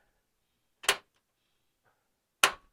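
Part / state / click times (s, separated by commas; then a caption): door latch into door striker on pickup cab / seated / 0.9 s, 2.4 s. The passenger front door latch of a 1974 Chevy C10 pickup is closed onto the door striker on the cab during patch panel fitting. Two sharp latch clicks are heard, at 0.9 s and 2.4 s. The latch is seated, in and locked.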